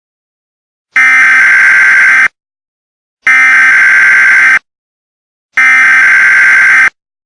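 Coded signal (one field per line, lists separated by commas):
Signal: Emergency Alert System (SAME) tones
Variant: header bursts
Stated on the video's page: Fictional EAS scenario made for entertainment.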